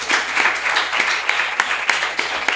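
An audience applauds in a dense, steady wash of many overlapping hand claps, with a few sharper claps standing out, sustained at a fairly loud, even level with no speech.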